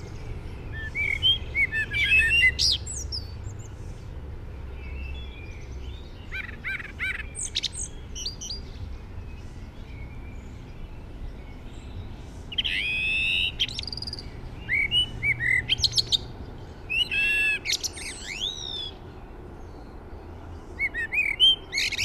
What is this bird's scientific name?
Turdus merula